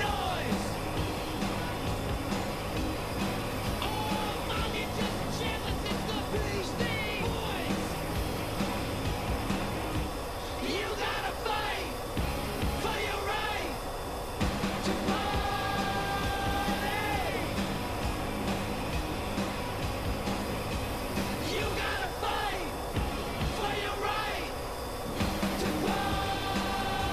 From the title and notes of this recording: Flying an F-14 Tomcat with Maverick and Iceman || Top Gun Ambience. Cockpit of an F-14 Tomcat cruising the blue skies. Fighter jet SFX and some great tunes.